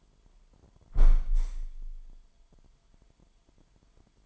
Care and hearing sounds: daily activity, microphone in the room; close window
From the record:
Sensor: 5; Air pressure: 998.2 hPa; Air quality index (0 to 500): 90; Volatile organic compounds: 2 ppm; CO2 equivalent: 1024 ppm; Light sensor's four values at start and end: 21/50/20/22 and 21/50/20/22

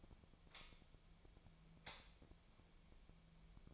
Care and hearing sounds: daily activity, microphone in the room; light on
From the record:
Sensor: 1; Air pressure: 1009.8 hPa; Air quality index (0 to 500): 189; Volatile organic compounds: 17 ppm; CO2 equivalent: 2596 ppm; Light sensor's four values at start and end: 36/92/38/46 and 47/133/55/62

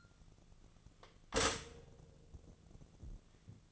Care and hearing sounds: daily activity, microphone in the room; stop toaster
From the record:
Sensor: 4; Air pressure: 1001.0 hPa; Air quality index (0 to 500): 164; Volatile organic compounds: 2 ppm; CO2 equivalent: 1199 ppm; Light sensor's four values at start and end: 19/44/19/20 and 18/43/18/19

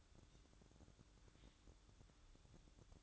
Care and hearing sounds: daily activity, microphone in the room; take from stove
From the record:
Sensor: 3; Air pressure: 1008.0 hPa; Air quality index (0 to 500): 122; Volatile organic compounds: 2 ppm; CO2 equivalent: 1012 ppm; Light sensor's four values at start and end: 8/20/8/8 and 8/20/8/8

